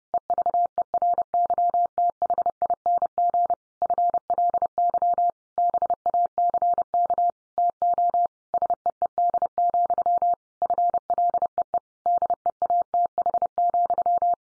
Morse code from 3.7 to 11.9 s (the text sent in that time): FLY BACK TO SEED, FLEE